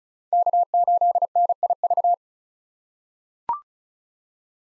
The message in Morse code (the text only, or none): K8NIV